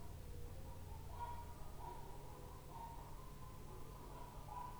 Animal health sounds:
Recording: poultry house recording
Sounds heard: healthy chickens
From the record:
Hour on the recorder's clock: 12

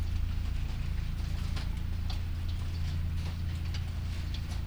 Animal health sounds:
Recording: poultry house recording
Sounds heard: no chicken sound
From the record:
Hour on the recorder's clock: 3

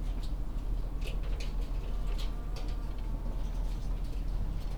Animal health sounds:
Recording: poultry house recording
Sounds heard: sick chickens (respiratory disease)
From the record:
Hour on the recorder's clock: 20

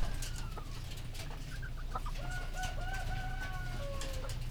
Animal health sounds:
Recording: poultry house recording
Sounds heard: healthy chickens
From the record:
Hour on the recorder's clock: 19

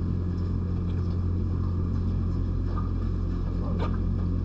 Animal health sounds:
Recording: poultry house recording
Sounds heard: sick chickens (respiratory disease)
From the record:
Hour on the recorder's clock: 1

